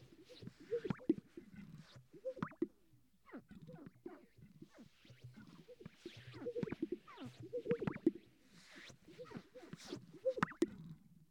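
Sage-grouse display sounds: repeated gulping pops and airy swishes throughout.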